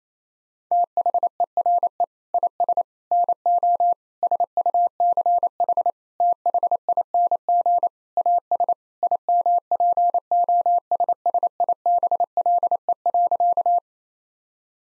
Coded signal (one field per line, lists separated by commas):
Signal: Morse code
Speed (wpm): 28 wpm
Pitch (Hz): 700 Hz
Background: none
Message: THERE IS NO SUCH THING AS IMPOSSIBLE.